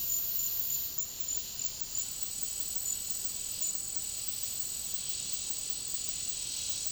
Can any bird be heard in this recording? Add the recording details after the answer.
no. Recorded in dense forest near Puerto Asís, Putumayo, Colombia, on 19 February 2024 at 13:30. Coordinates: 0.503, -76.322. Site G6418